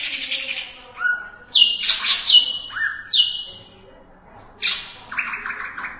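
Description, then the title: Greater green leafbird song: a quick mix of rising whistles, sharp descending slurs and rough buzzy phrases, varied and irregular, with brief gaps between them. "Cucak ijo"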